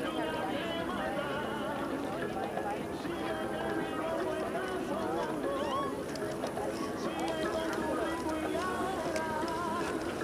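Hundreds of people go about their activities on Berlin's Tempelhofer Freiheit, a steady dense murmur of overlapping voices with occasional footsteps and clatter.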